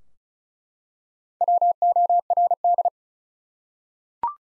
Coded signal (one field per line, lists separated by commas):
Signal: Morse code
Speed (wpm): 36 wpm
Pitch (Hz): 700 Hz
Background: none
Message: WORD